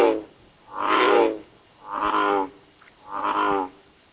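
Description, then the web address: American bullfrog calling, three drawn-out, resonant croaking notes about a second apart, each with a rich stack of harmonics over quiet background. "Frog Lithobates Catesbeianus"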